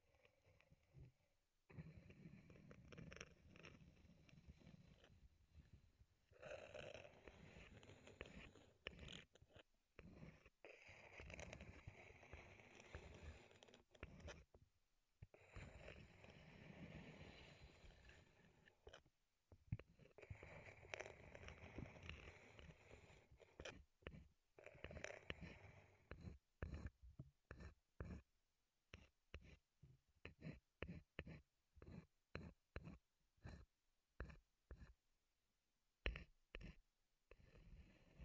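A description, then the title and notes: Wooden tapping and rubbing, moving from longer stretches of dense scraping and knocking in the first half to a string of short, separate taps and clicks after about 27 seconds. Brief silent gaps break up the sounds throughout, with no other background noise. ASMR Wood Triggers in Your Ears (No Talking).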